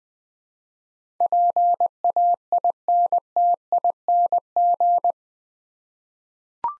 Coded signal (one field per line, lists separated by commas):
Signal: Morse code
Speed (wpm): 20 wpm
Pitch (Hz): 700 Hz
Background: none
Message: PAINTING